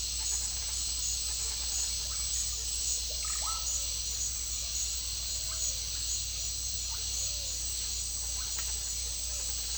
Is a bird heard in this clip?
yes